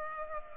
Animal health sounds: mosquito wingbeat signal from an infrared sensor; Culex pipiens

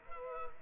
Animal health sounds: mosquito wingbeat signal from an infrared sensor; Culex pipiens

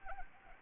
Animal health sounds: mosquito wingbeat signal from an infrared sensor; Anopheles arabiensis

